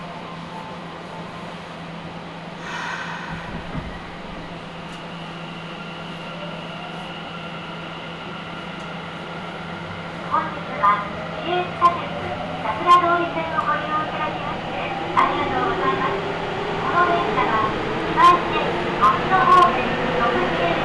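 A ride on a Nagoya subway train on the Sakura-dori Line, with a steady low hum and rumble running throughout. From about ten seconds, sharper clicks, squeals and clattering bursts come more often as the train moves. Brief voices may be mixed in.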